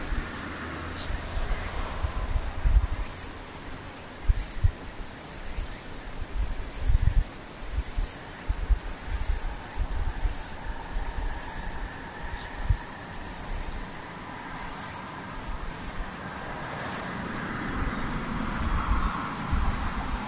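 Insects trill in short, regular high-pitched pulses throughout, over a low rumbling background with occasional soft thumps.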